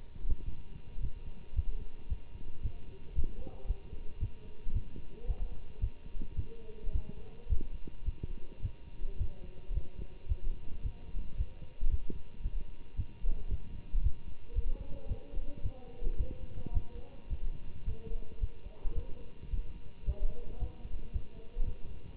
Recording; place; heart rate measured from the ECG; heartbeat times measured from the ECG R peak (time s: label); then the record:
heart sounds by stethoscope; between the tricuspid and mitral areas; 111 bpm
0.45 s: heartbeat
1.00 s: heartbeat
1.55 s: heartbeat
2.09 s: heartbeat
2.62 s: heartbeat
3.14 s: heartbeat
3.67 s: heartbeat
4.19 s: heartbeat
4.73 s: heartbeat
5.26 s: heartbeat
5.80 s: heartbeat
6.35 s: heartbeat
6.92 s: heartbeat
7.48 s: heartbeat
8.05 s: heartbeat
8.61 s: heartbeat
9.18 s: heartbeat
9.73 s: heartbeat
10.28 s: heartbeat
10.82 s: heartbeat
11.36 s: heartbeat
11.90 s: heartbeat
12.42 s: heartbeat
12.96 s: heartbeat
13.49 s: heartbeat
14.02 s: heartbeat
14.54 s: heartbeat
15.08 s: heartbeat
15.62 s: heartbeat
16.17 s: heartbeat
16.73 s: heartbeat
17.29 s: heartbeat
17.85 s: heartbeat
18.40 s: heartbeat
18.94 s: heartbeat
19.50 s: heartbeat
20.05 s: heartbeat
20.59 s: heartbeat
21.12 s: heartbeat
21.65 s: heartbeat
22.16 s: heartbeat
From the record:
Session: Bruce protocol treadmill stress test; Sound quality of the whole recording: good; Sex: male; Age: 24 years